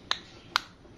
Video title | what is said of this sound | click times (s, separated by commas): Ganti Baterai KEYLESS Vario 150 Penjelasan Detail 2023 | Sampai bunyi klek Oke | 0.1 s, 0.6 s